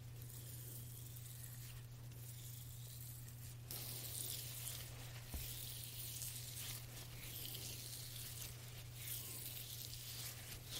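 Soft hand massage without speech: hissy swishing rubs that grow brighter after four seconds in repeating swells, over a steady low hum.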